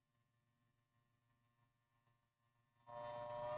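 During a vintage fountain pen repair, a pen part is handled against its slot in the pen body, with a quiet low hum and faint steady tones for most of the clip before a louder broadband noise rises at about 2.9 s and holds to the end. Nothing has seated or clicked yet; the part is not yet home.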